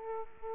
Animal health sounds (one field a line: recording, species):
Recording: mosquito wingbeat signal from an infrared sensor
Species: Aedes aegypti